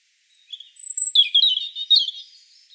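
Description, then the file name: European robin song: a thin, high drawn note followed by a quick rippling warble of tumbling, twittering notes that fades at the end. "Erithacus rubecula 240528"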